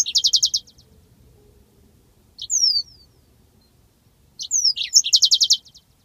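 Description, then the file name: Yellow-fronted canary giving a fast, high trill, a lone slurred whistle, then a phrase of sweeping notes running into another rapid trill. "mozambik omkicau"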